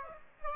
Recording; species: mosquito wingbeat signal from an infrared sensor; Aedes aegypti